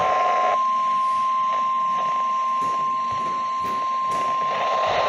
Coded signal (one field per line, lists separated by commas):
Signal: Emergency Alert System (SAME) tones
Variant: 1050 Hz attention tone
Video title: CHICAGO CHAOS I | EAS Alerts #3-10